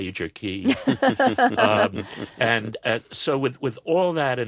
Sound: soundbite of laughter

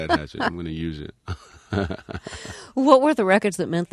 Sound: soundbite of laughter

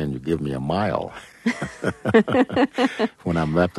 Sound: soundbite of laughter

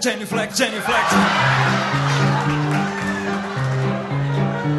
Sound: soundbite of laughter

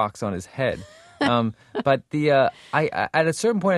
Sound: soundbite of laughter

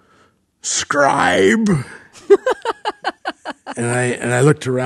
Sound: soundbite of laughter

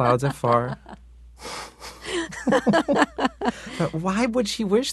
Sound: soundbite of laughter

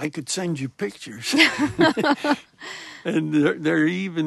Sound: soundbite of laughter

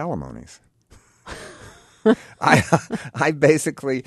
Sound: soundbite of laughter

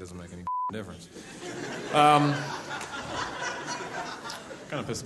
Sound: soundbite of audience laughter

